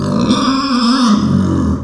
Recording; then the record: squeal of a Yucatan mini pig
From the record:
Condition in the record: after surgery on the right vocal fold (resection and tissue-engineered implant); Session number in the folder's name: 14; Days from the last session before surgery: 133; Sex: female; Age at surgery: 19 weeks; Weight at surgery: 25 kg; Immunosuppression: prednisolone